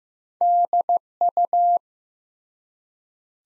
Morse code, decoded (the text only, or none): DU